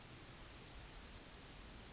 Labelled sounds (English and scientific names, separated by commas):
Yellowhammer (Emberiza citrinella) song